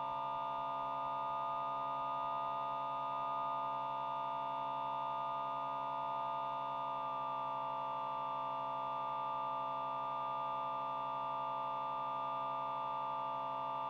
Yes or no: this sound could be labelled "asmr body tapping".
no